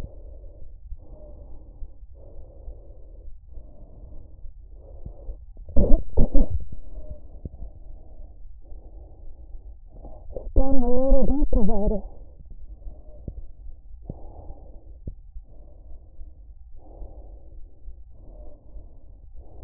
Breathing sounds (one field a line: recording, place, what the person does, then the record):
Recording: lung sounds by stethoscope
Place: trachea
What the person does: quiet breathing, then cough and speech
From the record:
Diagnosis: interstitial lung disease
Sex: female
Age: 61 years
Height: 155 cm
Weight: 75.5 kg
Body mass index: 31.4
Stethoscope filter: extended mode